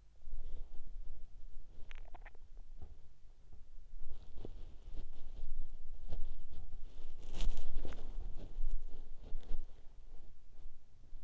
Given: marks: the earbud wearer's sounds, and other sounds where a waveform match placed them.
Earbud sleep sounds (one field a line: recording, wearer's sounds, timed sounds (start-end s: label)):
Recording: sounds in sleep by an in-ear microphone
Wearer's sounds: body movement, swallowing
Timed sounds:
0.00-11.24 s: body movement
1.58-2.83 s: swallowing